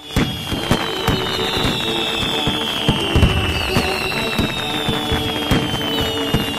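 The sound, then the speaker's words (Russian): Fireworks, set off from a stage at the end of a song, crackle and pop overhead in a dense, continuous barrage, with sharp bangs scattered throughout and a long, high whistling tone sliding slowly downward over the bursts. “Зная, что слово «начало» означало конец песни, Поль на своем возвышении включил функцию «фейерверк», и огненные взрывы вспыхнули над головами.”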